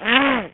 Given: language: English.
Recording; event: throat vibration sensor signal played as sound; throat clearing